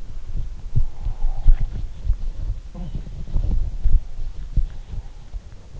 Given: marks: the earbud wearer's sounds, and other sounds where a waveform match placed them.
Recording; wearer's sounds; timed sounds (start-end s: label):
sounds in sleep by an in-ear microphone; swallowing
0.61-1.97 s: swallowing